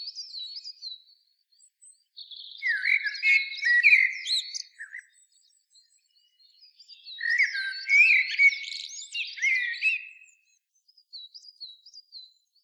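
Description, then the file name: Common blackbird singing two rich, mellow warbled phrases, each closing with high squeaky flourishes, separated by a pause with faint high notes. "Turdus merula"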